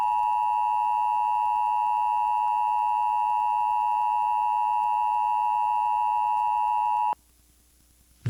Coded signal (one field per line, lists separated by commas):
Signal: Emergency Alert System (SAME) tones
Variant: 853 and 960 Hz attention tone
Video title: Emergency ALERT SYSTEMS UPDATE!!!EMERGENCY ALERT SYSTEM UPDATE!!!Emergency ALERT SYSTEMS UPDATE!!!